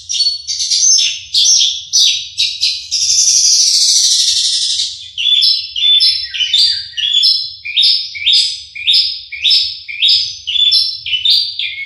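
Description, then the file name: Horsfield's bush lark singing a varied high song of short chirps and buzzy trills, phrases repeated rapidly, with one long harsh rasping passage early on. Bird named Mercy, owned by Om Donny. "audio branjangan mercy milik om donny marga omkicau com"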